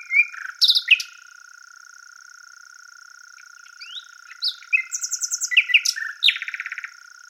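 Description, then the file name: Common nightingale song with varied phrases: sharp chirps, downslurred whistles and a rapid stuttering trill near the end, against a continuous high-pitched background hiss. "Luscinia megarhynchos"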